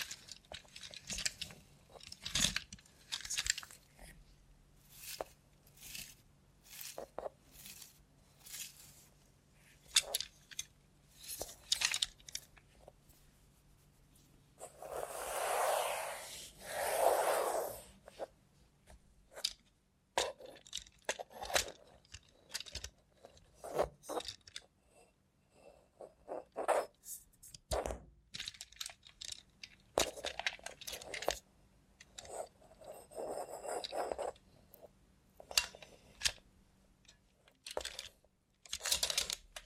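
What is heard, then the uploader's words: Quiet handling of a robot hand: soft clicks, scrapes and small squishy taps arrive in irregular bursts against near silence. Around 15 to 17 seconds a louder, rushing scrape rises and fades. A faint low hum sits underneath. Try ASMR with a Robot Hand (No Talking).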